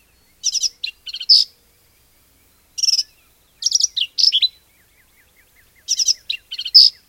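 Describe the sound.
Black-capped vireo song: several bursts of rapid, scratchy high notes and slurred whistles separated by pauses, with faint soft ticking in the background.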